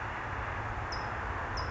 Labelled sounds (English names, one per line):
California Towhee